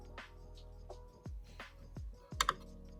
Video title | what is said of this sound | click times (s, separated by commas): Sewing Machine Basics for Absolute Beginners - How to Get Started! | You should hear a little click and make sure that the latch is now flat. | 2.4 s, 2.5 s